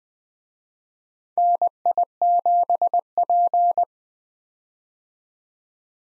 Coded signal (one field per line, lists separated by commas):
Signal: Morse code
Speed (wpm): 20 wpm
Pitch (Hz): 700 Hz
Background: none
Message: NI7P